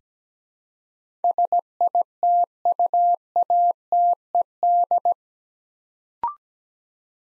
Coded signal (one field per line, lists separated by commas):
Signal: Morse code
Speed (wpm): 17 wpm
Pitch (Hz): 700 Hz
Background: none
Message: SITUATED